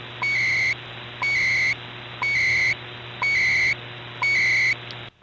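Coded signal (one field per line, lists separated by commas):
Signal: radio time signal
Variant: CHU, 300 baud FSK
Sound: five once-per-second tick-and-warble bursts, each a short tone then half-second data chirr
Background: radio static, low hum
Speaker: these are actually standard bod pulses that can be decoded with if you have an old 300 button modem laying around it would be capable of decoding the information which is time signal information and this is what we're talking about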